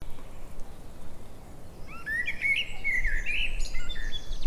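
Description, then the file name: Eurasian blackbird song phrase, a single warbled whistle rolling into a higher twittering end, heard over steady low background noise. "Turdus merula"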